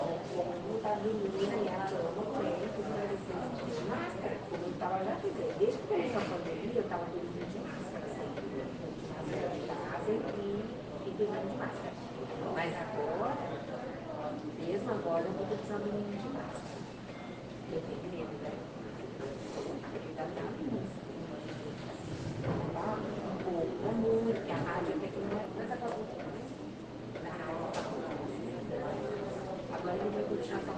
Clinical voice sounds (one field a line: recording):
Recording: hospital ward noise